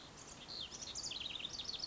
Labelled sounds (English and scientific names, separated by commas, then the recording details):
House Wren (Troglodytes aedon)
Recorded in Sonoma County, California